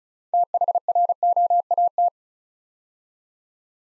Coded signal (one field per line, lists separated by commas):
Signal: Morse code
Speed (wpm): 36 wpm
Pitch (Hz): 700 Hz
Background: none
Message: THROAT